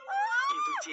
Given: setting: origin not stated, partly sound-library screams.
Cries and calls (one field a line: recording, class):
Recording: one-second piece from a danger detection set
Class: woman in danger